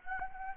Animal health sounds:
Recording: mosquito wingbeat signal from an infrared sensor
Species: Anopheles gambiae

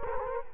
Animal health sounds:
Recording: mosquito wingbeat signal from an infrared sensor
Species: Culex quinquefasciatus

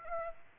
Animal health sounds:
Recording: mosquito wingbeat signal from an infrared sensor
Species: Aedes aegypti

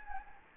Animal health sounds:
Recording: mosquito wingbeat signal from an infrared sensor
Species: Anopheles gambiae

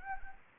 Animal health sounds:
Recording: mosquito wingbeat signal from an infrared sensor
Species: Anopheles gambiae

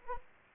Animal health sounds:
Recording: mosquito wingbeat signal from an infrared sensor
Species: Anopheles arabiensis

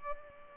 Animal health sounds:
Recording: mosquito wingbeat signal from an infrared sensor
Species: Culex pipiens

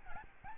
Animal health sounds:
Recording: mosquito wingbeat signal from an infrared sensor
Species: Aedes albopictus

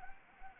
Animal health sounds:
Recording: mosquito wingbeat signal from an infrared sensor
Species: Anopheles arabiensis

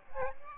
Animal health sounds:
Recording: mosquito wingbeat signal from an infrared sensor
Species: Aedes aegypti

